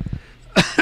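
An adult man coughs twice in quick succession while chewing a cough drop.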